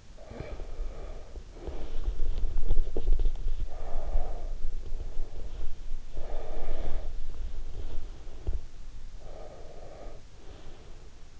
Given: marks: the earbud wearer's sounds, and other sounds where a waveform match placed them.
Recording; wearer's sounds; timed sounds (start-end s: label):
sounds in sleep by an in-ear microphone; breath
0.00-3.40 s: breath
3.63-5.86 s: breath
6.09-11.40 s: breath